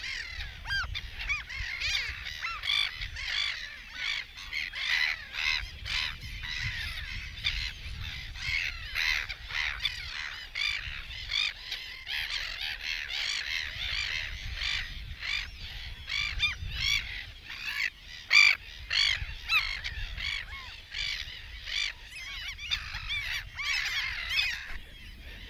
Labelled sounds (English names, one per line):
Mediterranean Gull call